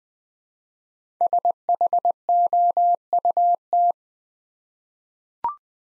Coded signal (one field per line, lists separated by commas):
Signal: Morse code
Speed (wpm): 20 wpm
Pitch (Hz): 700 Hz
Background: none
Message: SHOUT